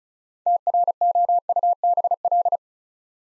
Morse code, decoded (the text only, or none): TROUBL